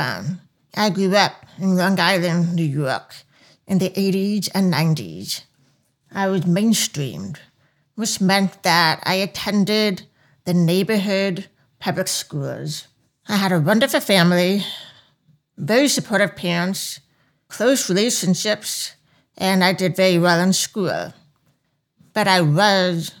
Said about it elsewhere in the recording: She also has a profound hearing disability. I wore hearing aids as a child. I still do. I have what's known as a quote-unquote deaf accent. My speech sounds a little different.